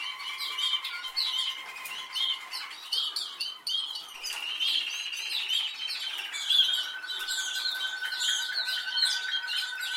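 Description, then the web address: Canary song moving from a low steady trill to a higher rattling roll and back to a low held tone, with lively chirpy notes above. "Canari Seda Canari"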